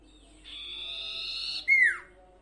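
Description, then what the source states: Sirtu song: one long buzzy, grating note followed by a bright whistle that drops sharply in pitch. Training song for cage birds, full song variation.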